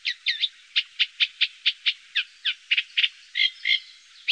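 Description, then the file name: Eurasian reed warbler song: a loose series of separate chirping notes, some doubled, spaced about a quarter second apart, with brief gaps and no other sounds. "Rorsangare"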